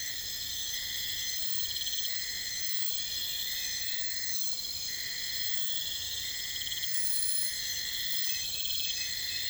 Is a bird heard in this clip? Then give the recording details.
no. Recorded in pastures near Puerto Asís, Putumayo, Colombia, on 21 December 2024 at 01:00. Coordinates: 0.472, -76.329. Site G072